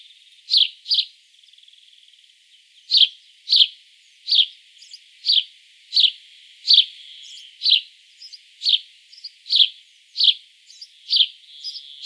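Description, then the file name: House sparrow chirping, a run of bright repeated chirps with a pause early on and faint softer twittering between them. "Passer domesticus"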